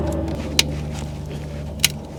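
On a 2003–2007 Honda Accord, during a VTEC solenoid gasket and filter screen replacement, a small plastic wiring harness clip is lined up with its hole in the engine bracket on the back of the cylinder head and pushed in until it clicks. Two sharp clicks are heard at 0.6 s and 1.9 s over a steady low hum. The clip is seated.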